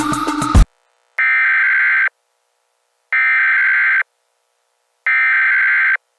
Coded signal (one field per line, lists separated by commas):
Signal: Emergency Alert System (SAME) tones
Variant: header bursts